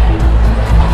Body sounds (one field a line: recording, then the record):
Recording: background sound without coughing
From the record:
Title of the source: Party Noise 1 Hour Party Ambience